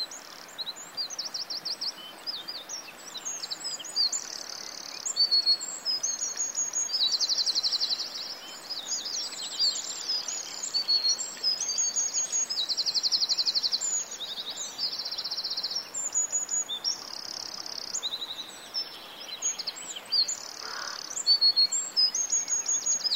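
A small stream flows gently in the distance, a steady soft rush filling the forest throughout. Over it, dense high bird chirps and trills come almost continuously, in quick repeated bursts. Around twenty seconds a brief lower call stands out.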